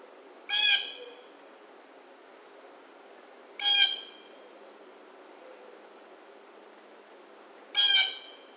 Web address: Blue Jay 2009 08 01 Blue Jay